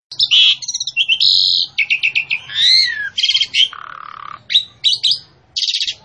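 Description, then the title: Javan pied starling singing loudly, a dense medley of whistled slurs, harsh grating notes, rattling trills and squeaky chatter with barely a pause. Female, described as vocal and persistent. "Burung Jalak Suren Betina Gacor Ngotot"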